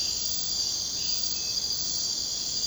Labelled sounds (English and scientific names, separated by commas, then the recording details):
none
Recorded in secondary vegetation near Puerto Asís, Putumayo, Colombia, on 22 June 2025 at 01:00
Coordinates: 0.484, -76.319
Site G074